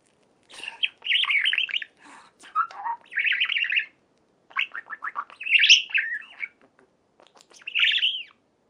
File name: Budgie Sounds